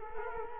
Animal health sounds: mosquito wingbeat signal from an infrared sensor; Culex quinquefasciatus

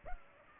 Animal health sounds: mosquito wingbeat signal from an infrared sensor; Culex pipiens

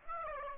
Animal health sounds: mosquito wingbeat signal from an infrared sensor; Aedes aegypti

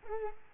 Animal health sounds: mosquito wingbeat signal from an infrared sensor; Culex quinquefasciatus

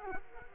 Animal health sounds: mosquito wingbeat signal from an infrared sensor; Culex quinquefasciatus

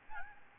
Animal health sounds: mosquito wingbeat signal from an infrared sensor; Aedes albopictus

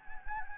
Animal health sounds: mosquito wingbeat signal from an infrared sensor; Anopheles gambiae

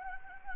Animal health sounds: mosquito wingbeat signal from an infrared sensor; Anopheles gambiae

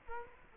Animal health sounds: mosquito wingbeat signal from an infrared sensor; Culex quinquefasciatus

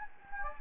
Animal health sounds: mosquito wingbeat signal from an infrared sensor; Anopheles gambiae

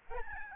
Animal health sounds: mosquito wingbeat signal from an infrared sensor; Aedes albopictus

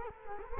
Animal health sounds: mosquito wingbeat signal from an infrared sensor; Culex quinquefasciatus

